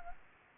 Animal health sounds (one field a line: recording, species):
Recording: mosquito wingbeat signal from an infrared sensor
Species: Anopheles gambiae